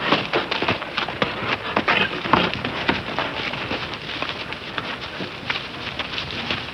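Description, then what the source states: Horse running: many irregular thuds and clatters of hooves over broad outdoor background noise. Horse running with outdoor ambience.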